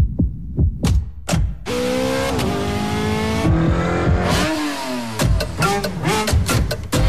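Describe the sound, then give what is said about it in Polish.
A car engine revs hard after a few sharp thumps, its loud roar climbing and dipping in pitch through several throttle bursts, with no voices, in a Polish radio advertisement for Shell V-Power Nitro Plus fuel. “Kiedy masz je w baku, samochód, silnik i jego moc sprawią, że poczujesz”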